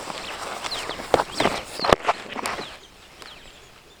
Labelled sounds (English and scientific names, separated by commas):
Superb Starling (Lamprotornis superbus) flight call